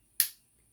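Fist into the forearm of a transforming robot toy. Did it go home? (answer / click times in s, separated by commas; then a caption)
yes / 0.2 s. A plastic fist is swiveled up from inside the forearm of a transforming robot toy. It gives one sharp, bright snap at 0.2 s that fades quickly, and the fist is seated in place.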